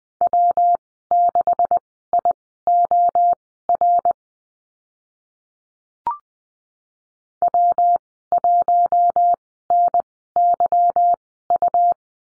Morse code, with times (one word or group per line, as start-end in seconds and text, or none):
0.2-4.1 W6IOR
7.4-11.9 W1NYU